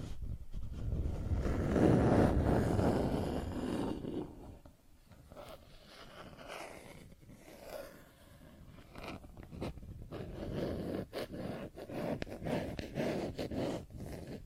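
Plastic objects are scratched and tapped in an uneven, busy stream of small contact sounds. A louder, fuller rubbing swell fills the first four seconds, then the clicks and scrapes turn thinner and more scattered, with short sharp taps recurring irregularly until the end.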